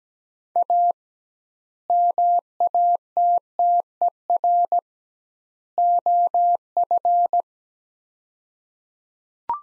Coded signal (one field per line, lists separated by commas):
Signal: Morse code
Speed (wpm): 17 wpm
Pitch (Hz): 700 Hz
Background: none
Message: A MATTER OF